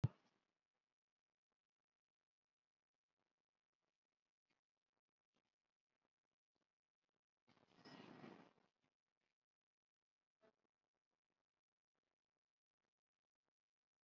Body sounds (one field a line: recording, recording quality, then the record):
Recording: shallow breathing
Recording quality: poor, much background noise or distortion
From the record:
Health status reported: COVID-19 positive, moderate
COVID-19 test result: positive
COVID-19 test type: RT-PCR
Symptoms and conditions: cough, cold, another condition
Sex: female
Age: 32 years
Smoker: no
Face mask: worn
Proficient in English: yes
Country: India